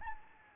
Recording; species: mosquito wingbeat signal from an infrared sensor; Anopheles arabiensis